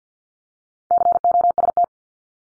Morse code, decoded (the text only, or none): COST